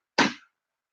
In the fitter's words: Hear that snap? That means it went right in.